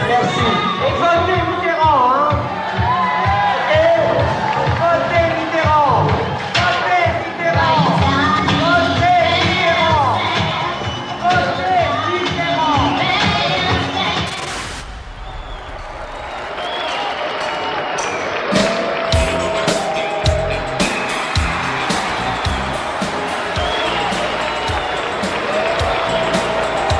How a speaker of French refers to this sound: Du haut des balcons et depuis la piste, la salle se divise entre applaudissements et huées.